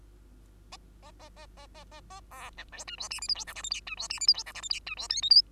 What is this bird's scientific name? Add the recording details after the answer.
Lonchura striata domestica. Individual Bird2